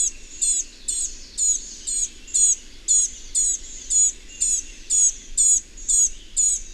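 Bird giving high, thin chirps at a regular pace, each brief and bright, with soft low background noise.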